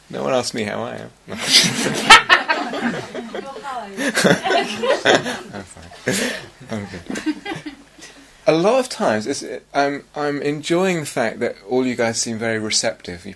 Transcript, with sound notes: No one asked me how I am. [laughter] A lot of times it's -- I'm enjoying the fact that all you guys seem very receptive.